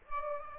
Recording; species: mosquito wingbeat signal from an infrared sensor; Aedes aegypti